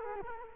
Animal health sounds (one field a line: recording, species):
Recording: mosquito wingbeat signal from an infrared sensor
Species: Culex quinquefasciatus